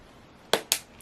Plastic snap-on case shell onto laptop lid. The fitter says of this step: No, this one I could not. Oh, click.